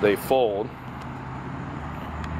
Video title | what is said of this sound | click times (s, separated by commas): New Electric Scooter - Horizon Scooter | and lock into place | 2.2 s